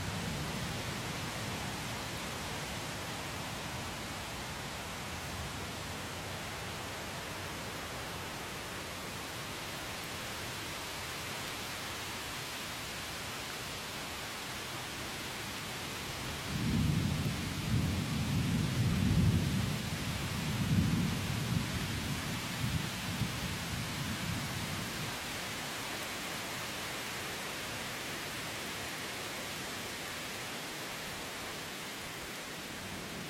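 A thunderstorm in a forest, with steady, dense rain hissing evenly from start to finish. A faint low rumble sits under the opening seconds, and a heavier roll of thunder swells from about 16 to 24 seconds before fading back into the rain.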